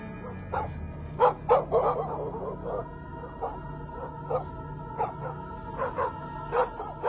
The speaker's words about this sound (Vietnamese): Mấy con chó ở ngoài đường nghe tiếng gào rú, tất cả đều hướng thẳng về quán của lão Năm mà cắn inh ỏi